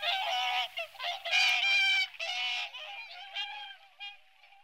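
Whooper swan calls: loud nasal bugling honks in a series of bursts, fading toward the end.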